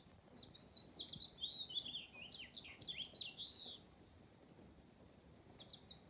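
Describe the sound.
House finch singing a lively jumble of high, twisting warbled notes for about three and a half seconds, then quiet noise with a few brief notes near the end.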